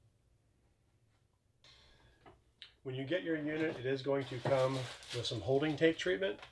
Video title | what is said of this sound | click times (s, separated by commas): How to PDI your Momentum Fifth Wheel | this is locked down good and tight till it clicks | 2.6 s